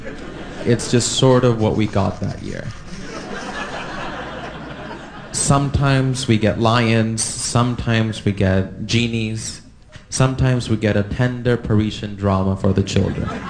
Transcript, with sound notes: It's just sort of what we got that year.
(LAUGHTER)
Sometimes we get lions, sometimes we get genies, sometimes we get a tender Parisian drama for the children.